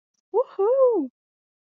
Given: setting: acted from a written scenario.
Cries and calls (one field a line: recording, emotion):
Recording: vocal sound without words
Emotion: triumph